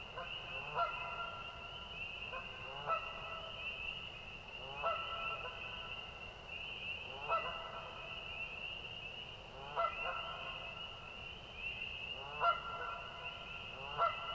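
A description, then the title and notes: In a spring night soundscape, goose-like honks repeat every two to three seconds over a steady high-pitched chorus and low rumble. Soundscape recordings made in the Eastern part of Parry Sound District of Ontario or what is locally known as the Almaguin Highlands. Inside that bird feeder was an audio recorder that captured the overnight soundscapes of spring.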